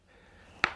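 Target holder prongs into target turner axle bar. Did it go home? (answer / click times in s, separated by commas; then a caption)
yes / 0.6 s. A target holder piece is pushed down into the grooves on top of the split axle bar of a Caldwell Target Turner, its prongs going in to hold the target. After a quiet stretch of low background hum, one sharp, bright snap rings out at 0.6 seconds. The holder piece has snapped into place and is seated on the axle.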